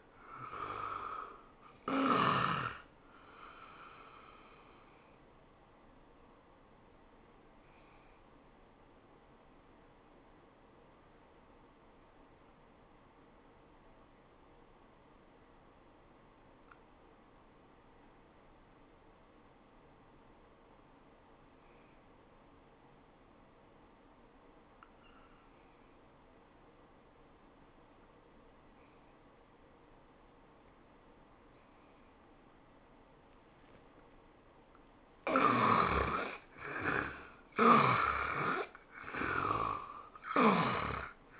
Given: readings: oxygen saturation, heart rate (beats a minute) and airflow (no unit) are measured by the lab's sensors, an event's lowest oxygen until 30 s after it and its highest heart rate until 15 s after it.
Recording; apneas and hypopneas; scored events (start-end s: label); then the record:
breathing in sleep by a voice recorder at the bedside; 1
9.00-34.80 s: obstructive apnea (N1, oxygen 98% highest, then 75% lowest, heart rate 78 at the start, 96 highest)
From the record:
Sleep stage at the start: N1 (lightest sleep); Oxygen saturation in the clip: 75 to 98%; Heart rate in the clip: 72 to 99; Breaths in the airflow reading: 4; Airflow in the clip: -17.6 to 11.8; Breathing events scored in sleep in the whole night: 403 in 5.5 hours asleep